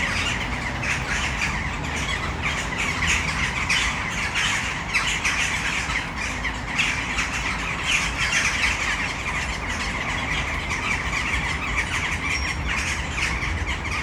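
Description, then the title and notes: Western jackdaw flock keeping up a constant noisy chatter of quick harsh calls, low city rumble underneath. Flock in a tree full of jackdaws, city center of Brno, Czech Republic, at sunset. "Malinovského nám. 571/1, 602 00 Brno-střed-Brno-město, Česko - Western jackdaws at sunset. A tree full of jackdaws in the city center of Brno"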